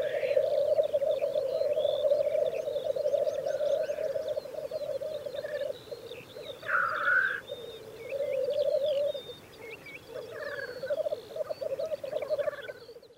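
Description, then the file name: Black grouse giving a low bubbling, cooing rumble with a few short breaks, under assorted higher chirps and whistles from other birds. "orre"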